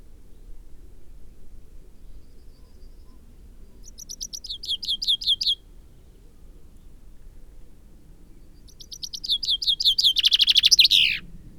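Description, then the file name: Common Chaffinch song: a short trill near four seconds, then a fuller descending trill of repeated notes ending in a flourish near eleven seconds. "Fringilla coelebs"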